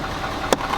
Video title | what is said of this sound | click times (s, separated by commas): How to change a cabin air filter on a 2018 Ford F250 | you hear that click locked in close it | 0.5 s